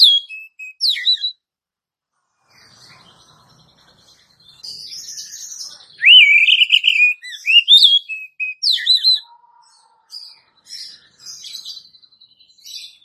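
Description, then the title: Oriental magpie-robin giving sharp whistled notes and a rich warbling phrase in the middle, interspersed with quieter chirps and thin high notes. "Kacer"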